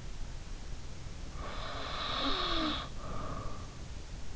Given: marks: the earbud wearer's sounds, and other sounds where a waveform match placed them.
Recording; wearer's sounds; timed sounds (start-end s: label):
sounds in sleep by an in-ear microphone; snoring breath
1.36-3.77 s: snoring breath